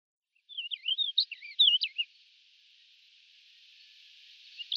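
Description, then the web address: White-crowned wheatear giving a brief, twisting warble of quick whistled notes for about one and a half seconds, followed by a faint steady hiss. "Schulze Peter White-crowned Wheatear song"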